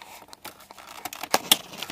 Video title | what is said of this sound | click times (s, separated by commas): Installing HVAC LEDs on a 99-04 Mustang | 12-volt just kind of snaps into place, | 1.3 s, 1.5 s